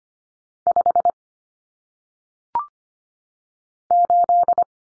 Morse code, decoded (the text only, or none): 5 8